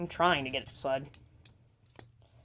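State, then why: Seated. Someone talks while sliding the plastic sliding section of a transforming robot action figure during its transformation. After a soft tap near 1.5 s, a sharp click at 2.0 s marks the part sliding into place and seating.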